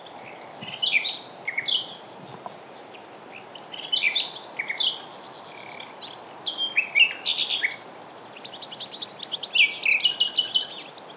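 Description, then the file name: Common nightingale song: varied phrases of sharp chirps, whistled notes and short buzzy bursts, broken by brief pauses, with steady low background hiss. "Luscinia megarhynchos"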